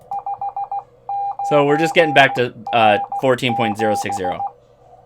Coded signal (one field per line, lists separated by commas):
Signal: Morse code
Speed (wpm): 16 wpm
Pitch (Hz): 800 Hz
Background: speech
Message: 59R7